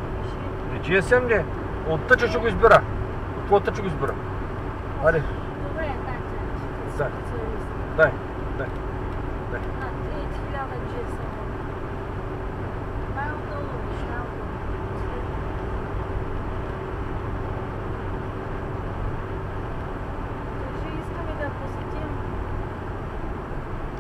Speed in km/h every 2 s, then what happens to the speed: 89, 90, 89, 89, 89, 89, 89, 89, 90, 90, 90, 85.
0-20 steady at about 89.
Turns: none.